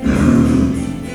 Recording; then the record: squeal of a Yucatan mini pig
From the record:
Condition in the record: after surgery on the right vocal fold (resection and tissue-engineered implant); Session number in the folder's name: 12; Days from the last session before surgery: 105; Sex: female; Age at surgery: 19 weeks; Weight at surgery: 25 kg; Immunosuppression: prednisolone